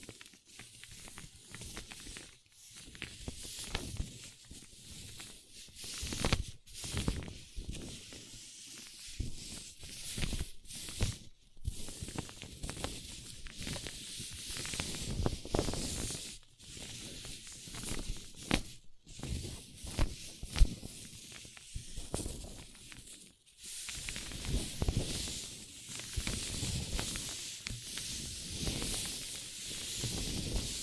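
Paper cup tingles: a paper cup is rubbed, tapped and crinkled in a continuous run of soft scratchy rustles and crackles. The texture stays busy and bright throughout, swelling and easing, with a few brief near-silent gaps around 2, 11, 19 and 23 seconds.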